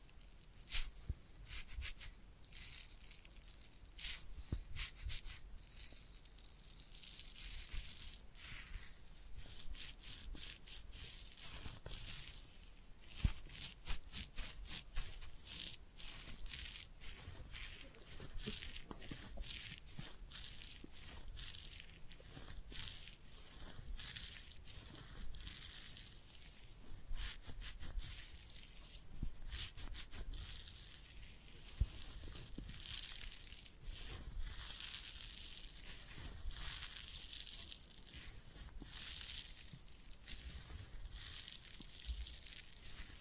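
A head massage with ear cleaning, full of dense rubbing, scratching and crinkling sounds, fast and irregular, bright and hissy throughout.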